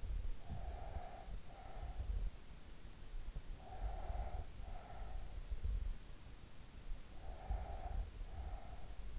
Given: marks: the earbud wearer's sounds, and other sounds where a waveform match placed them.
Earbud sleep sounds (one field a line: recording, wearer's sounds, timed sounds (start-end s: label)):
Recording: sounds in sleep by an in-ear microphone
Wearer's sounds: breath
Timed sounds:
0.20-2.66 s: breath
3.49-5.68 s: breath
6.92-9.19 s: breath